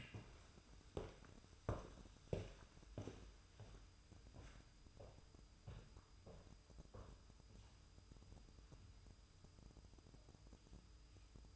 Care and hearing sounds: daily activity, microphone in the room; walk to room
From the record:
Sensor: 2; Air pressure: 987.9 hPa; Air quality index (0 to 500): 147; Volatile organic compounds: 40 ppm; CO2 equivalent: 3154 ppm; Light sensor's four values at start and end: 24/77/31/30 and 23/76/30/29

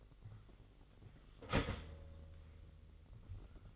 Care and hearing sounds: daily activity, microphone in the room; start toaster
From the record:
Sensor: 4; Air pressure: 1002.8 hPa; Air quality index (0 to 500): 235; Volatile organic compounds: 16 ppm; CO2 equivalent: 2554 ppm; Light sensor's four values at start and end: 21/74/27/27 and 21/70/26/26

